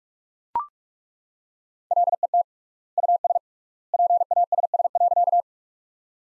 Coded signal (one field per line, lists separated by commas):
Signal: Morse code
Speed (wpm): 42 wpm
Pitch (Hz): 700 Hz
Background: none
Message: LET US PASS.